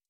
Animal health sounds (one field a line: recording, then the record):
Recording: hydrophone in a shrimp aquaculture tank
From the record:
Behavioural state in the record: stressed